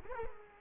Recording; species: mosquito wingbeat signal from an infrared sensor; Culex quinquefasciatus